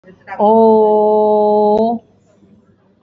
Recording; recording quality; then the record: sustained vowel as in boot; excellent, no background noise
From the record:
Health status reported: exposed to COVID-19, no respiratory illness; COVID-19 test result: negative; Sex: female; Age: 52 years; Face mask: worn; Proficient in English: yes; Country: India